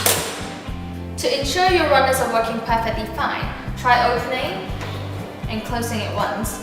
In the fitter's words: and simply push it in until you hear a click sound.